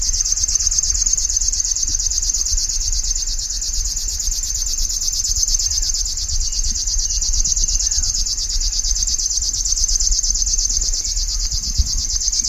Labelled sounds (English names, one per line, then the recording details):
River Warbler song
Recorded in the wild
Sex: male
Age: adult
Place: Kützerhof, Kummerower See, Mecklenburg-Vorpommern, DE
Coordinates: 53.8469, 12.885
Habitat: riparian forest
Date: 2009-05-26
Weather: clear, ca. 15°C, weak easterly winds
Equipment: Sound Devices 702, Sennheiser MKH 70, Rycote Windschutz
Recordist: Frommolt, Karl-Heinz